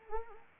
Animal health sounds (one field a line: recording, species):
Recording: mosquito wingbeat signal from an infrared sensor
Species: Anopheles arabiensis